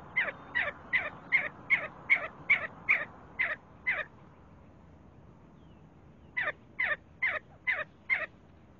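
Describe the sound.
See-see partridge with two bursts of rapid falling notes, the first about ten calls long, then a two-second silence before five more.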